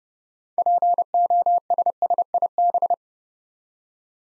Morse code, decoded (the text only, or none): POSSIB